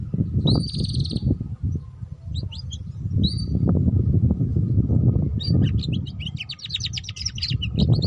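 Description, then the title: Canary song: a sustained whistled note, then scattered short chirps, and finally a long rapid trill of repeated high notes, with heavy low rumbling noise and a steady hum. Belgian canary breed; recording used to warm up canaries and stimulate their singing, and as a lure for canaries learning the ngeriwik song style. "Canto Para Esquentar Canário Belga. Suara Kenari Belajar Bunyi Ngeriwik || Cocok Untuk Pancingan Kenari Ngeriwik"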